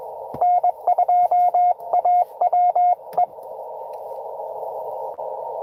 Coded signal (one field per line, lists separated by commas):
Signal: Morse code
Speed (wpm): 23 wpm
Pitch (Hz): 700 Hz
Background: radio noise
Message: N2AWE